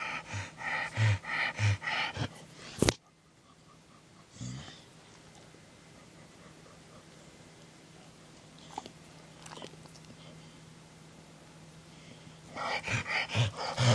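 Rapid, noisy breaths with a slightly whistling edge come in short runs at the start and end, with a quiet stretch between. This is wheezing in a male dog that began the same day, a sign of air moving through narrowed airways.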